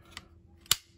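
The heavy-duty belt clip on a knife sheath, made to fit a belt of about 2 inches or more, is pulled open and let close again. After a light click at 0.2 s, it shuts with a sharp, loud snap at 0.7 s and is seated in place.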